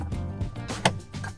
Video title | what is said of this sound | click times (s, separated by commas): 検討を重ねた結果、車載エアコン問題解決!! 一晩極寒で過ごせる組み合わせはこれしかない!!- BLUETTI Apex 300+B300K - 4K | Insértalo con un clic Así es | 0.9 s